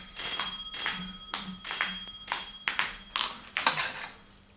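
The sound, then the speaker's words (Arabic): An old-style telephone bell rings in repeated bursts in a furnished room in London at about 6 p.m., a bright metallic trill with short pauses between rings, fairly loud with no voices. “تدخل وولترز لترد على التليفون.”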